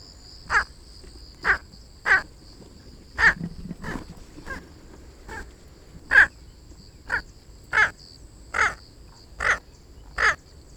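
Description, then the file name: Squacco heron giving a series of harsh, crow-like croaking calls, with a faint steady high hum in the background. "Rallhager"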